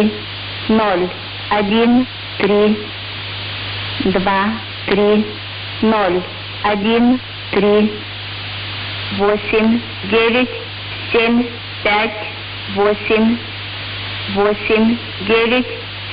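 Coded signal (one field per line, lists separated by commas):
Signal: numbers station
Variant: S06s Russian Lady, Russian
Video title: 25 01 2022 Number station S06s Russian Lady in Russian to Eu 0730 on 7410 unknown tx site in CUSB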